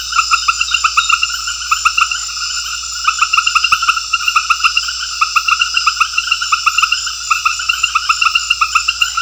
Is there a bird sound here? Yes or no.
no